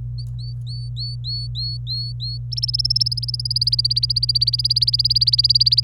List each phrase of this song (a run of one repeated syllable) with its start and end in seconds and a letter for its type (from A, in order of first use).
0.18-2.38 A, 2.52-5.84 B